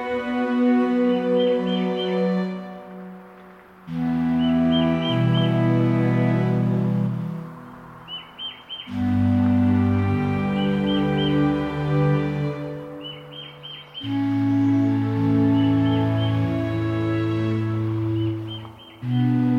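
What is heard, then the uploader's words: Along the Palm Hammock Trail at Merritt Island, dense low humming tones hold steady in stretches of about five seconds, shifting pitch after short dips near 4, 9 and 14 seconds. Small high chirps come in quick clusters every few seconds. Today’s Soundwalk was taken April 8th 2022 along the Palm Hammock Trail at Merritt Island NWR in Florida. A palm hammock is an elevated plane in wetland environments where where Oaks, wild tamarind, cabbage palms, maple, and saw palmetto thrive.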